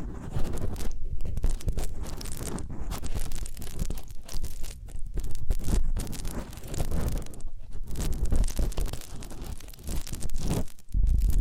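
Close massage and ear-cleaning sounds: dense rubbing, crackling and tearing scratches with frequent brief pauses, loud throughout with deep rumbles.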